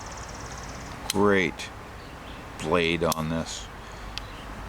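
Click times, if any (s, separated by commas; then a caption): 4.2 s. Someone talks while a Schrade USA Old Timer 51OT Big Timer lockback folding knife has its blade opened. The lockback engages with a single sharp click at 4.2 s as the blade locks open into the handle with a very solid lockup.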